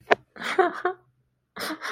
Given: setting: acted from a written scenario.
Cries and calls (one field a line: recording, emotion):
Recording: vocal sound without words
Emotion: guilt